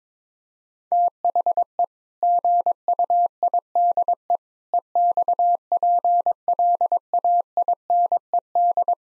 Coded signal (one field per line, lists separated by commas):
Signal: Morse code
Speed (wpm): 22 wpm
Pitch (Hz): 700 Hz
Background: none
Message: THE GUIDE EXPLAINED